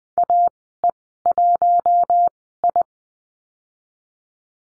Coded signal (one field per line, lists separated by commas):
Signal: Morse code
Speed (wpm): 20 wpm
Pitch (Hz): 700 Hz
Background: none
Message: AE1I